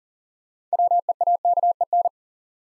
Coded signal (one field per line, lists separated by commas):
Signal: Morse code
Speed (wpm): 40 wpm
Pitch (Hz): 700 Hz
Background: none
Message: WEAKEN